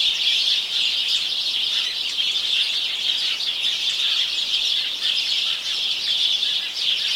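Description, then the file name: House sparrow chorus, a constant busy chatter of high, overlapping chirps and tweets running the whole length without a break. "Passer domesticus"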